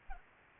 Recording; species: mosquito wingbeat signal from an infrared sensor; Culex pipiens